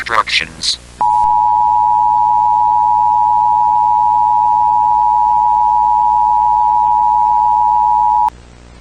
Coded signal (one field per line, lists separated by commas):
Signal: Emergency Alert System (SAME) tones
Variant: 853 and 960 Hz attention tone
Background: speech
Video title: EAS Scenario: The Alien Invasion - The First Attacks